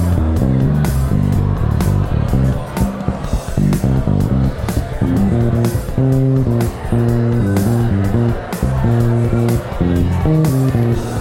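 A bass guitar improvises in short, punchy phrases, its low notes repeating and shifting in pitch every second or so. An electronic drum beat keeps steady time with crisp hits throughout, while crowd chatter murmurs underneath the whole passage.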